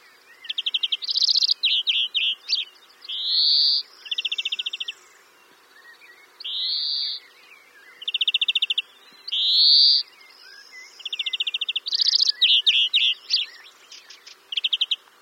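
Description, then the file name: European greenfinch song, fast ringing trills alternating with several drawn-out buzzy wheezes, with brief pauses between phrases. "Chloris chloris"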